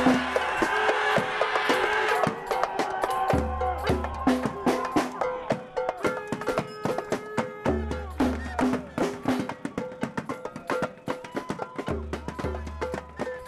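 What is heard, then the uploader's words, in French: Sound from inside a demonstration: a dense, lively mix led by a sharp, regular beat of drums or claps, with sustained musical tones and low bass notes swelling in blocks around 0–2, 3–5, 7–9 and 12–13 seconds. Voices run faintly underneath throughout. Voici donc un montage très brouillon d'ambiances sonores prise au sein de la manifestation. À Bordeaux.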